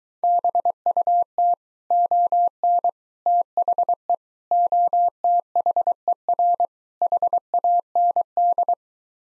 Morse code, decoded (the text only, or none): BUT ON THE OTHER HAND